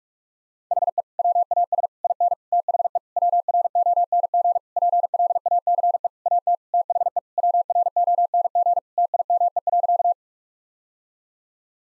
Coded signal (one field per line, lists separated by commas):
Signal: Morse code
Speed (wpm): 46 wpm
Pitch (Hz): 700 Hz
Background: none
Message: HE WAS IN THE WRONG PLACE AT THE WRONG TIME.